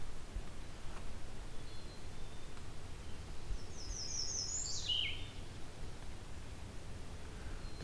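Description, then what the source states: American Redstart singing one brief phrase of high, quick notes that drops into a strong downslurred ending, against a constant low-pitched background hum. Forest edge beside a field with some transition meadow; described as good habitat for the species.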